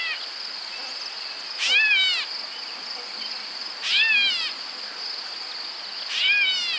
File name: Dumetella carolinensis - Grey Catbird